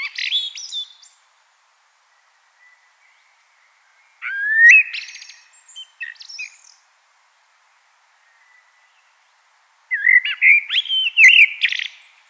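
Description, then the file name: Common blackbird song in three separate phrases, rich whistles that break into high, scratchy notes, with quiet gaps of several seconds between them. "Turdus merula"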